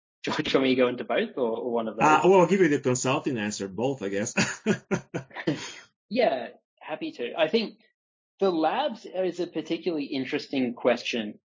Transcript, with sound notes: Do you want me to go into both or one of them?
Well, I’ll give you the consulting answer. Both, I guess. *laughs*
Yeah, happy to. I think the labs is a particularly interesting question.